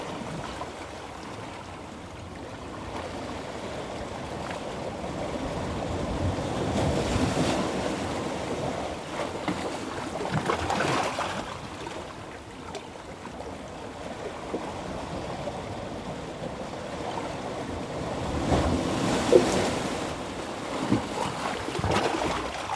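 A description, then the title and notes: Seawater surges into a coastal hollow with each incoming wave, rushing and churning in a dense, low roar. Swells build around 7, 11 and 19 seconds, each ending in a brief splashing spurt before the water drains away and quiets. Coastal Hollow - Surge-and-Drain. The tide was coming in. There was a slight storm surge from an off-shore event. Positioned at the end of a long narrow breach between two rocks, we can hear the water surging its way between with every wave, only to just kind of "sport" at the very end before draining away.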